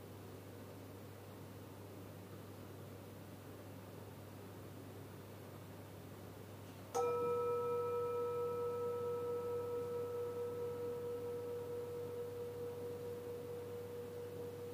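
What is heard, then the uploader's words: A metal bowl is struck once at about seven seconds, ringing out with a clear mid tone and a few higher overtones that hold steady and fade only slowly to the end. Before the strike there is only a low, constant hum. In this session, he played his metal bowls. Slow and steady, his entire body moves to strike the bowl, moving his hand to mimic his breathing. Recorded in Paul's Apartment.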